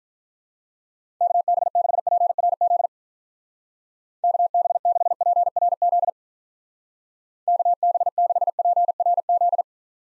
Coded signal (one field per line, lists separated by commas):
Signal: Morse code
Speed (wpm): 47 wpm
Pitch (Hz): 700 Hz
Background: none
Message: KB6PRZ KB6PRZ KB6PRZ